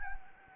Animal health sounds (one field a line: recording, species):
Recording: mosquito wingbeat signal from an infrared sensor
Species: Anopheles gambiae